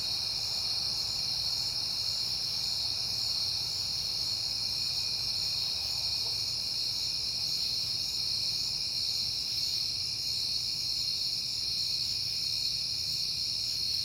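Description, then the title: A constant high-pitched cricket chorus, unbroken for the whole stretch, over a quiet low rumble. Recorded on a peaceful September night. "Night Time: Crickets and Passing Cars"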